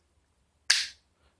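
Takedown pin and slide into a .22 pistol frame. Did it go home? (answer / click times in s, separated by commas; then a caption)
yes / 0.7 s. During reassembly of a field-stripped Smith & Wesson M&P22 .22 pistol, the takedown pin is pushed in and a small nudge sends the slide back into place on the frame. One sharp metallic snap is heard at 0.7 s, with a bright, fast-fading tail. The part seats back into place.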